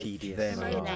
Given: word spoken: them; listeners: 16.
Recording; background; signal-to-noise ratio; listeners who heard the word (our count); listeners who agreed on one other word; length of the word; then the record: one English word in noise, from a listening test; four-talker babble; 0.7 dB; 1 of 16; 8 of 16; 0.56 s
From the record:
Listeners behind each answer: 8, 1, 1, 1, 1, 1, 1, 1, 1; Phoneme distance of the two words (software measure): 44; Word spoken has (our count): 1 syllable, 3 phonemes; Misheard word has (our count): 2 syllables, 5 phonemes, stress on syllable 1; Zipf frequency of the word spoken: 6.35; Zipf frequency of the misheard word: 3.22